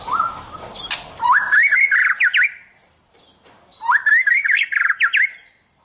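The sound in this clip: White-rumped shama song: the same fluty rising phrase ending in sharp upward flicks, given twice about two and a half seconds apart.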